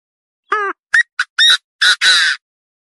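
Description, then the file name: Partridge call: a nasal harmonic note followed by quick rising chips and two long, harsh scraping squawks. "Tieng ga go"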